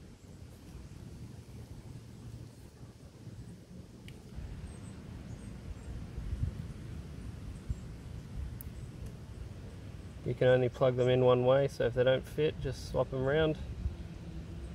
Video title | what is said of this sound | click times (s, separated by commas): Nicolai G1 EBOXX Speed Unlock, Bosch CX Motor | you'll hear them click in okay | 4.1 s, 8.6 s